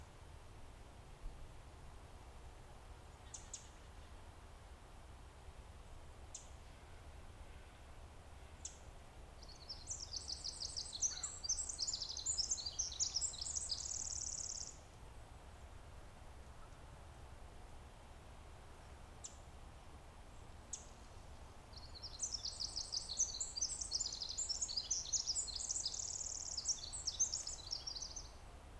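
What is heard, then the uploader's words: A Winter Wren sings two long, rapid, very high songs of tumbling trills and twitters, from about 10 to 15 seconds and again from 22 to 28. Brief faint chips come between them, over a steady low rumble throughout. Winter Wren Singing. The day dawned clear and cool. There was frost on the ground and very little breeze. The wren turned out to be down at the edge of the woods behind the maintenance building and I recorded it singing for a few minutes.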